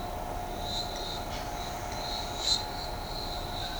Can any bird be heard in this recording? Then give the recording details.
no. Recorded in shrubland near Pivijay, Magdalena, Colombia, on 18 April 2023 at 13:30. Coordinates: 10.453, -74.365. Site P5-G022